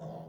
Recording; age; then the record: pig call; piglet (1 to 25 days)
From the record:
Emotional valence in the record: negative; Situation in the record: long isolation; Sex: male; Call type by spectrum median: low-frequency call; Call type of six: low-frequency stable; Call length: 0.29 s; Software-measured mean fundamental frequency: 55 Hz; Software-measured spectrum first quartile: 168 Hz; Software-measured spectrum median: 385 Hz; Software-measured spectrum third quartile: 648 Hz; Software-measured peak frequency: 162 Hz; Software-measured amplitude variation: 100 dB a second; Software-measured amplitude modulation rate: 27.8 a second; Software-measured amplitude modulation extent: 3.6 dB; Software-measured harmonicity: 3.8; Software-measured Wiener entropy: -0.09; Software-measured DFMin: 1217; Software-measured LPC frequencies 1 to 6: 667, 3374, 4701, 6286, 9006, 9842 Hz